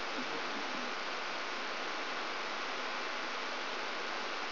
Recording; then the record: brain microelectrode recording played as sound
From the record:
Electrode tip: outside the subthalamic nucleus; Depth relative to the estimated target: 4 mm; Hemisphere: right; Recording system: AlphaMap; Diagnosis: Parkinson's disease